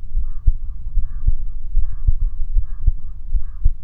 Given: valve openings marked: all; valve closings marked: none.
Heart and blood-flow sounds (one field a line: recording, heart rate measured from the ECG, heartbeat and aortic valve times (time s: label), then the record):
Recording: heart sounds by stethoscope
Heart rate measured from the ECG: 76 bpm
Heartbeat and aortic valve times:
0.18 s: heartbeat (ECG mark)
0.22 s: aortic valve opens (echo mark)
0.98 s: heartbeat (ECG mark)
1.04 s: aortic valve opens (echo mark)
1.78 s: heartbeat (ECG mark)
1.84 s: aortic valve opens (echo mark)
2.57 s: heartbeat (ECG mark)
2.64 s: aortic valve opens (echo mark)
3.35 s: heartbeat (ECG mark)
3.43 s: aortic valve opens (echo mark)
From the record:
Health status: healthy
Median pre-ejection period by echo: 59 ms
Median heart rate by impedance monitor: 80 bpm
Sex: male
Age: 20 years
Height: 181 cm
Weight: 68 kg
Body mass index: 20.76